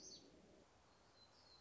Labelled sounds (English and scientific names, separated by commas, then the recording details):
Black-throated Gray Warbler (Setophaga nigrescens)
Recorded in Sonoma County, California